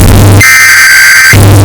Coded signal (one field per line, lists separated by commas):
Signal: Emergency Alert System (SAME) tones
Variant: header bursts